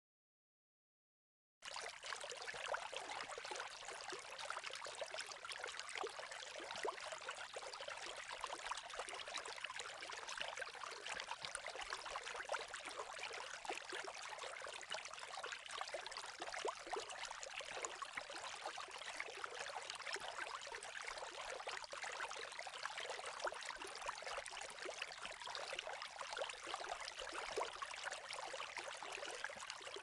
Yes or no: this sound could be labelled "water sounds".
yes